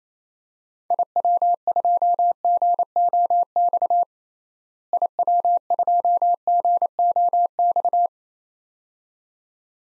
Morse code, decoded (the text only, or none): IW2GOX IW2GOX